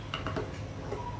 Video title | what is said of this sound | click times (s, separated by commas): 🤔Ultra Mixie வாங்குவதற்கு முன் இந்த Video பாருங்க -- Ultra Mixie Review in Tamil - Honest Review | left சைடுல திருப்பினோம்னா லாக் ஆயிடும் | 0.1 s, 0.3 s